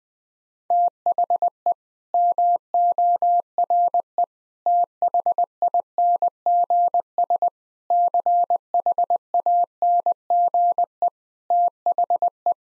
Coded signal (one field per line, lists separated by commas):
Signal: Morse code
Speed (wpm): 21 wpm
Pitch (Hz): 700 Hz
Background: none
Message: THE MORE THINGS CHANGE THE